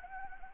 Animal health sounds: mosquito wingbeat signal from an infrared sensor; Anopheles arabiensis

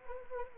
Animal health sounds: mosquito wingbeat signal from an infrared sensor; Anopheles arabiensis

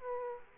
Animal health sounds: mosquito wingbeat signal from an infrared sensor; Aedes aegypti

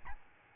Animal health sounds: mosquito wingbeat signal from an infrared sensor; Aedes albopictus

